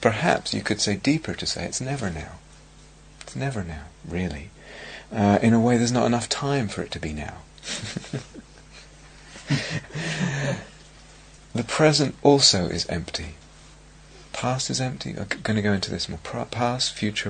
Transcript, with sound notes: It's perhaps, you could say, deeper to say it's never Now. It's never Now, really. In a way, there's not enough time for it to be Now. [laughs] The present also is empty. The past is empty -- I'm going to go into this more -- past, future;